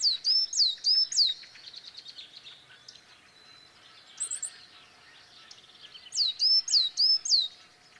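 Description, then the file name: Great tit calls: bright, sharply down-curved high notes in quick runs of three to four, about three per second, given twice, with softer chatter between. "Parus major"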